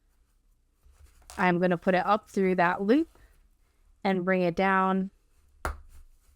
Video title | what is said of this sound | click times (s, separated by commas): The Travel Buddy by KMG Handmade - Sewing Tutorial | and it snaps with no problem | 5.6 s